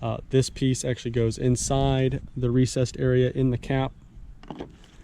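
Someone talks while holding the top piece of a new cartridge-style oil filter element up to the recessed area inside the plastic oil filter cap of an F250 Powerstroke. Faint handling noises follow as the talking stops near the end. Nothing has seated or clicked yet.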